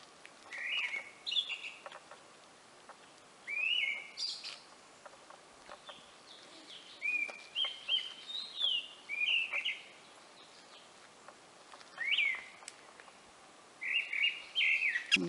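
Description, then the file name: Grey-winged blackbird song: short mellow whistled phrases, each rising or falling, given in bursts with pauses of one to three seconds between. "Grey-winged blackbird Alok"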